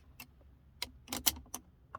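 A new ESP/AUTO/OFF center dash switch button, with a plastic housing and metal retaining tabs, is pressed into the center dash panel opening on a 2004 Audi B6 A4 Quattro 1.8T 6-speed manual. A few short plastic clicks and taps are heard, with the loudest sharp click at 1.3 s as the button seats in the panel.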